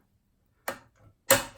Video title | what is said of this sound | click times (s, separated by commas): How to fix leaking toilet shutoff valve | can see that this lever pops in sizzle slot here that | 1.3 s